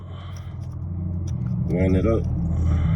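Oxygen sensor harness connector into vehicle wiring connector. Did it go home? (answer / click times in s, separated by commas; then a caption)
no / none. The plastic electrical connector of a Nissan upper oxygen sensor harness is handled and lined up with its mating vehicle wiring connector over a steady low hum, with a brief faint tick at 1.3 s. Someone talks near the end, and nothing has seated or clicked yet.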